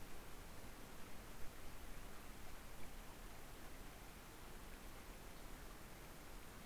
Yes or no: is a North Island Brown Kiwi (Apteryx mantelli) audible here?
no